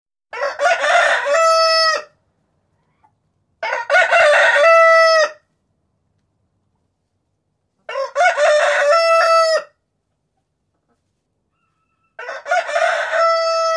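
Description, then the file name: Rooster crowing four times, each loud harsh cock-a-doodle-doo lasting nearly two seconds and ending on a held note, separated by silent gaps of about two seconds. "rooster alarm"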